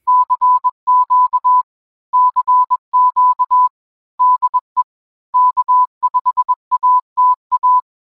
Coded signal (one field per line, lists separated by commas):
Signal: Morse code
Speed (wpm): 20 wpm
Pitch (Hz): 1000 Hz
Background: none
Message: CQ CQ DE K5ATA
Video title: Ham Radio Basics: How to build a 40 meter Dipole Antenna (no balun)